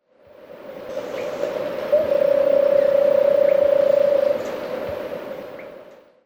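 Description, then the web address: Red-headed barbet giving a low, steady purring trill lasting about two seconds, over background hiss. Recorded in Ecuador. "Birds of Ecuador. Red-headed Barbet"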